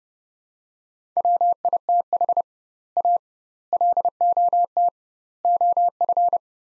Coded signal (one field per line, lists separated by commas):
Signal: Morse code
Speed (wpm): 32 wpm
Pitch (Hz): 700 Hz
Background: none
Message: WITH A LOT OF